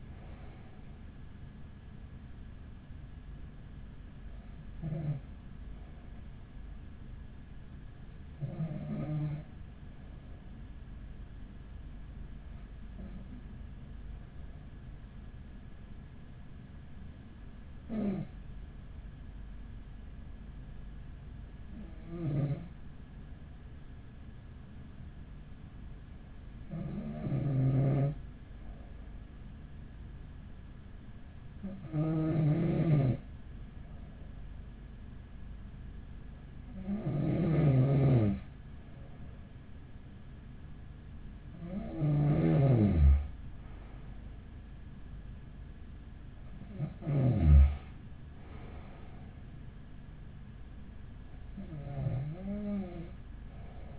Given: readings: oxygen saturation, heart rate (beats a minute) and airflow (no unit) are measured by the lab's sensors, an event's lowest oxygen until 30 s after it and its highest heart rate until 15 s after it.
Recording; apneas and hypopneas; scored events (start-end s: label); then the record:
breathing in sleep by a smartphone at the bedside; none
none scored
From the record:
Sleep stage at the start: N2 (light sleep); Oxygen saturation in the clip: 93 to 95%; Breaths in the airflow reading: 11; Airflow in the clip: -8.2 to 7.9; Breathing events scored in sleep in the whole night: 207 in 7.6 hours asleep